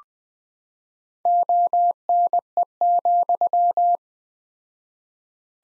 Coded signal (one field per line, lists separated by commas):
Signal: Morse code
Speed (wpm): 20 wpm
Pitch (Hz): 700 Hz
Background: none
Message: ONE,